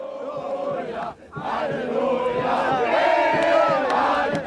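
Tens of thousands of people at Alexanderplatz cheer and shout continuously at midnight in 1990, welcoming the Deutsche Mark: a dense roar of many voices with whoops and yells rising over it, briefly dipping before surging back loud and sustained.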